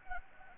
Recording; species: mosquito wingbeat signal from an infrared sensor; Anopheles gambiae